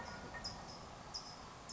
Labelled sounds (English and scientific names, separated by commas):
California Towhee (Melozone crissalis)